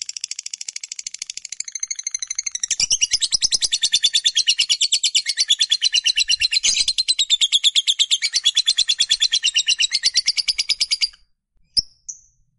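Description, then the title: Lovebird call: an unbroken rapid chattering trill of about eleven seconds, rough and buzzy, ending with two short high chirps. Fighter-type lovebird giving a long chattering call (ngekek panjang). "Begitu Dengar Suara Lovebird FIGHTER NGEKEK PANJANG"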